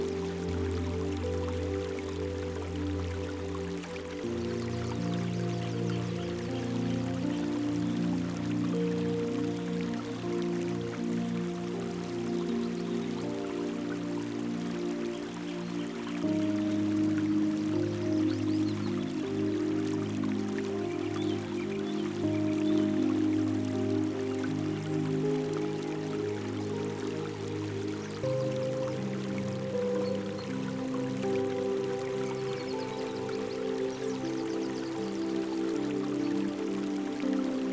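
Slow, calm music of sustained low and mid tones, with soft chords that hold steadily and shift at about 4 and 16 seconds into fuller, warmer harmony. A faint, even trickle like dripping water or a stream runs quietly underneath throughout.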